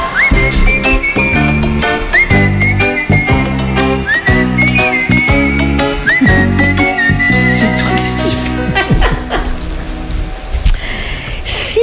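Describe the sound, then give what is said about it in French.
A bright, high whistled melody with sliding, swooping notes rides over loud, busy instrumental music with a steady rhythmic beat, continuing without pause for the whole stretch. “C'est pas moi qui sifflais, je faisais juste du playback.”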